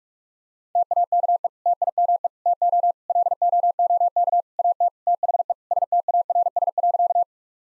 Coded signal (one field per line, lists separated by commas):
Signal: Morse code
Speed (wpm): 46 wpm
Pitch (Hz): 700 Hz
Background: none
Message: TAKE TIME TO LOOK AT THE STARS.